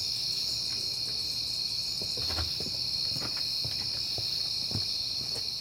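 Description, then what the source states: Crickets trill steadily in a high chorus while scattered soft ticks and taps sound irregularly in the background. Recorded on a peaceful night in September; crickets heard often that month.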